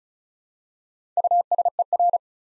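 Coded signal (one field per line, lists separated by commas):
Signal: Morse code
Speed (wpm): 36 wpm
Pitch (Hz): 700 Hz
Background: none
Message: USER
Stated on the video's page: Morse practice building 4-letter words two letters at a time at 35 wpm, for instant character recognition.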